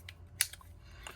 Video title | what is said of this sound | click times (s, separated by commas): POCLINK Cellular Radios - What Are They and Do They Work?? | Pops into place. | 0.4 s